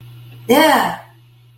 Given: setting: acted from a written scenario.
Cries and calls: vocal sound without words; triumph

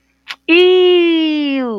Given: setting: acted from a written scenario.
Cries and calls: vocal sound without words; disgust

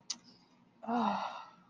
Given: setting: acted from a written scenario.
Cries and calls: vocal sound without words; contentment

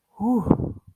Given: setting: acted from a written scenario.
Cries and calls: vocal sound without words; ecstasy

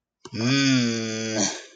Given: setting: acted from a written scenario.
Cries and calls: vocal sound without words; anger

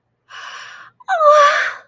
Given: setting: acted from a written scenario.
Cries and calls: vocal sound without words; elation

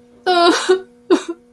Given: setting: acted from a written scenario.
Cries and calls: vocal sound without words; sadness

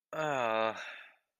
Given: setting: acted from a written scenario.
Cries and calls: vocal sound without words; embarrassment

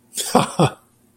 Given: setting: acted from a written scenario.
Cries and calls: vocal sound without words; amusement

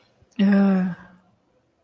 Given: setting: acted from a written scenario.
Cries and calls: vocal sound without words; contempt

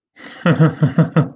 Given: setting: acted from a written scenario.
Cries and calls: vocal sound without words; amusement

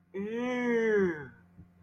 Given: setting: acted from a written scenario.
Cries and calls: vocal sound without words; disgust

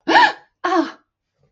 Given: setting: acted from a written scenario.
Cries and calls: vocal sound without words; pain

